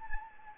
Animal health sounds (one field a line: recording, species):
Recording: mosquito wingbeat signal from an infrared sensor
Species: Anopheles gambiae